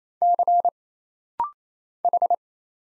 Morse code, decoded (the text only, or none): C H